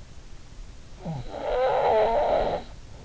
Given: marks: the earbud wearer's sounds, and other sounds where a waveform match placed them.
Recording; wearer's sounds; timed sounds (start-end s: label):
sounds in sleep by an in-ear microphone; snoring breath
0.73-3.01 s: snoring breath